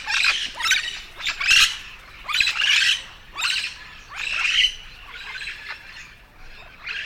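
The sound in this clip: Yellow-shouldered parrot squawks, loud grating calls repeated steadily throughout.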